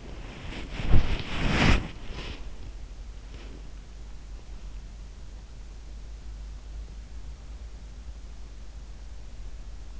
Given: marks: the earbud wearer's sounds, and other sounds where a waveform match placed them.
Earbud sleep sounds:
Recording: sounds in sleep by an in-ear microphone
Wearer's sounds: body movement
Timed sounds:
0.00-3.52 s: body movement

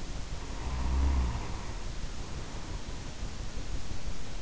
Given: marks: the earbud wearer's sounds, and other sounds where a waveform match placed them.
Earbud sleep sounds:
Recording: sounds in sleep by an in-ear microphone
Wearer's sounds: snoring breath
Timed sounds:
0.23-2.91 s: snoring breath

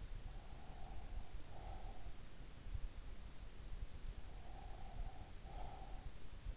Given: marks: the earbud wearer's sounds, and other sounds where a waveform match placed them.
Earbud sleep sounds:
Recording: sounds in sleep by an in-ear microphone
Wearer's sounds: breath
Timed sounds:
0.48-2.35 s: breath
4.19-5.72 s: breath

